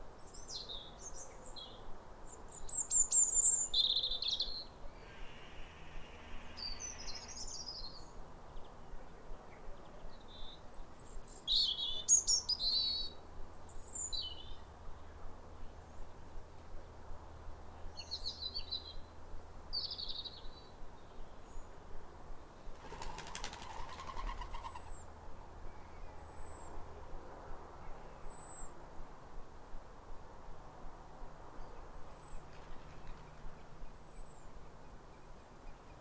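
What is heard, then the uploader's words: Two robins sing short, wistful high phrases back and forth, most actively in the first thirteen seconds, with a brief hiss around five seconds. A sharp clatter breaks in near twenty-three seconds, then only faint, sparse chirps remain over a low steady hum. A chorus of New Year's robins. After weeks of rain, it's a clear, calm rosy sunrise. A pair of robins in neighbouring gardens welcome the early sun with wistful phrases as if chatting over the fence. Recorded by Fergus Collins.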